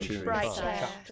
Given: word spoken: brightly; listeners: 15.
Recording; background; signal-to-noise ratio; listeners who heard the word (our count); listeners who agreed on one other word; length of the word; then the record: one English word in noise, from a listening test; four-talker babble; -0.5 dB; 1 of 15; 8 of 15; 0.71 s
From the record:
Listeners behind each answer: 8, 3, 1, 1, 1, 1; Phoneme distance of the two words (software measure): 14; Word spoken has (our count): 2 syllables, 6 phonemes, stress on syllable 1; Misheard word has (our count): 1 syllable, 4 phonemes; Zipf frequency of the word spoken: 3.53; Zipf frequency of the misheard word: 4.82